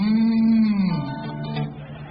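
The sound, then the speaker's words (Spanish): A single long, loud cow moo, deep and droning with a rich buzzy tone, dipping slightly lower in pitch midway and holding steady before fading, with no talking. “Dice Samuel, ¿qué es ese bramido de vaca que yo estoy escuchando por ahí?”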